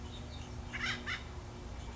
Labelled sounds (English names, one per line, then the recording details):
Acorn Woodpecker
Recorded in Sonoma County, California